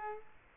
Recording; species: mosquito wingbeat signal from an infrared sensor; Aedes aegypti